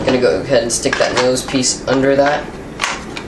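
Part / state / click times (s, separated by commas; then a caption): plastic nose piece into the latches of a paintball loader shell / seated / 2.8 s, 3.2 s. Someone talks while tucking the plastic nose piece of a Dye Rotor paintball hopper under the two small latches on the loader shell and pressing it down. Two short, sharp clicks are heard at 2.8 s and 3.2 s as the nose piece seats under the latches.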